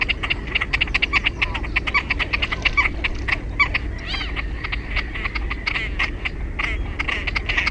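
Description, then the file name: Great crested grebe calls, harsh ticking pulses packed tightly together, with scattered short upward-sweeping notes and a steady low rumble underneath. "SILKKIUIKKU"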